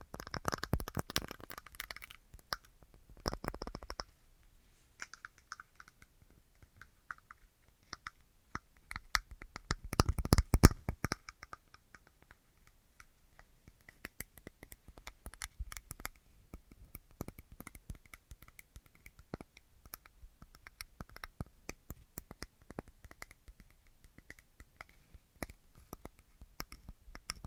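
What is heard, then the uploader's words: Crisp tapping and scratching, dense bursts in the first few seconds and near ten seconds, sparser clicks between. ASMR Tingliest Tapping Assortment for Sleep (No Talking).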